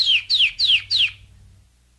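Domestic canary notes: four clear descending whistled sweeps, evenly spaced about a third of a second apart.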